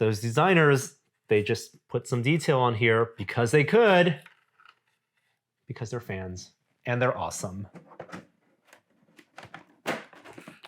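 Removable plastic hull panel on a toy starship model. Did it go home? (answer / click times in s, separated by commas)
yes / 9.5 s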